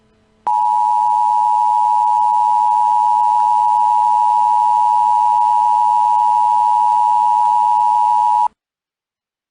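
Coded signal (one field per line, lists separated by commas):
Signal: Emergency Alert System (SAME) tones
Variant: 853 and 960 Hz attention tone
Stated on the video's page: Made-up EAS scenario alert about a Golden Gate Bridge collapse, remastered.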